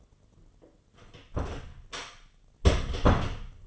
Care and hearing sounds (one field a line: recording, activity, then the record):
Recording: daily activity, microphone in the room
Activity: close door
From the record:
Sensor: 4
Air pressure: 1016.1 hPa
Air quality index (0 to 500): 205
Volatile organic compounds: 12 ppm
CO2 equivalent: 2343 ppm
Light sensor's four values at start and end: 9/20/8/7 and 9/20/8/7